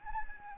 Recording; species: mosquito wingbeat signal from an infrared sensor; Anopheles arabiensis